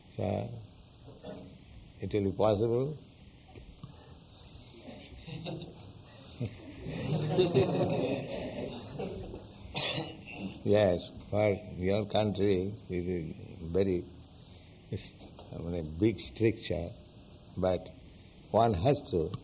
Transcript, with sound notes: So it will be possible? [laughter] Yes. For your country this is very, I mean, a big stricture, but one has to